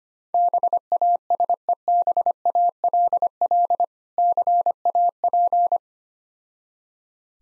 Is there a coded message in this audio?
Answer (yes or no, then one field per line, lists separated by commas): yes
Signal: Morse code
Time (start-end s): 0.3-5.8 s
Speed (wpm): 25 wpm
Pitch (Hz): 700 Hz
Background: none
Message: BASEBALL CAP